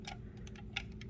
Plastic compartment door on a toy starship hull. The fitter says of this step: I guess I'm glad it locks into place so it doesn't go wobbling around, but